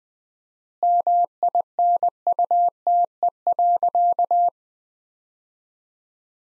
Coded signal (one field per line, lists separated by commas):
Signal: Morse code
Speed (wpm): 21 wpm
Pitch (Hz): 700 Hz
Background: none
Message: MINUTE.